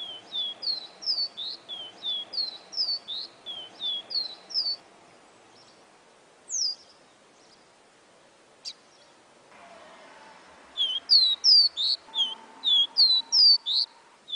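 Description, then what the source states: Seedeater singing a rapid string of clear downslurred whistles, pausing midway with a single isolated note, then resuming with louder phrases; soft low hum in the background. Amazon region.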